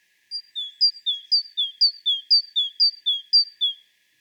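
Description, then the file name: Great tit song: clear high-low paired notes repeated steadily about seven times, sharp and whistled, over a quiet background. "Parus major"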